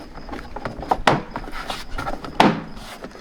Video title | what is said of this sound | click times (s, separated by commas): Replacing and Wrapping Third Brake Light on Honda CR-Z - CR-Z Build Pt. 1 | we go pretty easy snaps right into place | 1.1 s, 2.4 s